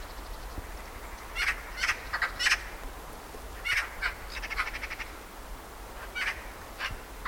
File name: Pica pica